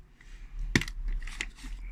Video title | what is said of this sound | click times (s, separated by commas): Kidde 10Y29 Détecteur de fumée : démontage ouverture | Donc clac, on entend ça s'est démonté. | 0.8 s